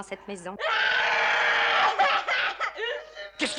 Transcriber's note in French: On entend hurler au loin